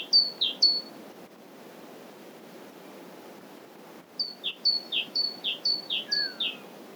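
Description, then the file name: Great tit singing a repeated two-note phrase, high note then lower note, in a short burst, then a longer run after a quiet gap; a faint descending whistle overlaps near the end. "Parus major"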